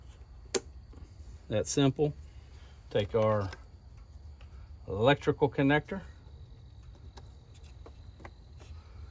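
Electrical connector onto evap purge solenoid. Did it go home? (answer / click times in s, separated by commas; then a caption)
yes / 8.2 s. An electrical connector is pushed onto the evap purge solenoid of a 2016 Ford Explorer engine while someone talks. A sharp tap sounds at 0.6 s, then several faint clicks follow after the speech, and the connector clicks into place at 8.2 s, fully seated.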